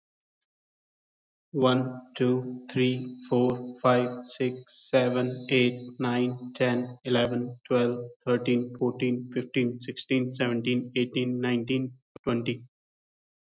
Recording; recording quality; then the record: counting at a normal pace; excellent, no background noise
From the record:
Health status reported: healthy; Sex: male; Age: 31 years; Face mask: not worn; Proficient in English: yes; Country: India